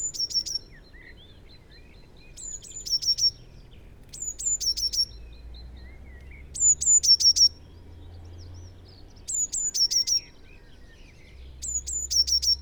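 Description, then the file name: Eurasian blue tit singing steadily, around six high phrases of two thin notes and a fast trill, with soft chirps from other birds in between. "Cyanistes caeruleus"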